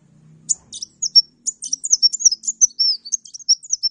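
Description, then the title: Oriental magpie-robin song: a fast run of high whistles, chips and slurred notes, varied and continuous, after a faint low hum at the start. Bird-training recording for masteran; lively, chatty singing described as gacor; a champion bird. "Kacer Juara Gacor"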